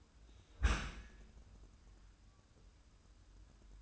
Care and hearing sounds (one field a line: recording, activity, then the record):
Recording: daily activity, microphone in the room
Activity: close dishwasher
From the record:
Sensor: 2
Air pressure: 994.3 hPa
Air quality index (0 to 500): 212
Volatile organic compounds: 1000 ppm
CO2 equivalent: 7012 ppm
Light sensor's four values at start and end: 120/287/121/124 and 117/279/118/120